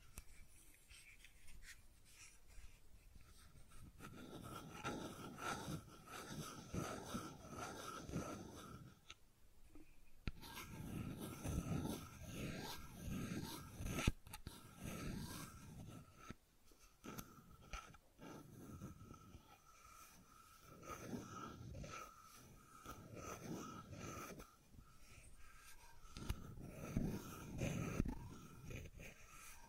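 Dry tapping and clicking from a fidget cube, coming in irregular bursts of quick clicks with short pauses. Soft low thumps and rubbing run under the sharper clicks, and a faint steady hum sits in the background throughout.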